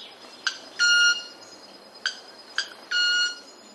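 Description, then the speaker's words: Club-winged manakin tonal wing sound: a sharp tick then a sustained ringing hum, followed by two more ticks and a second hum. Made with wing feathers whose few secondary shafts are hollow and club-shaped; sound is musical or tonal rather than a snap. "One species, the clubwing manakin, the sound that it made was uniquely musical or tonal."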